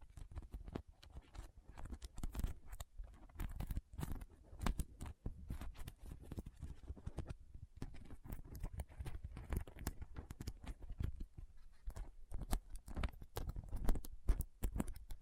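Soft squishy, sticky crinkling and cutting sounds form a dense, irregular patter of quick clicks and snips running steadily throughout.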